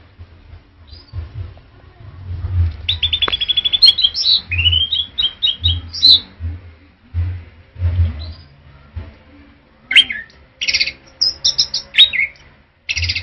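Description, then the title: Orange-headed thrush song: a rapid run of repeated high notes, then rising and falling whistled phrases and harsh bursts, continuing with short gaps. Prolific, tireless champion singer. "Suara Burung Anis Merah Gacor Teler Doyorng Juara"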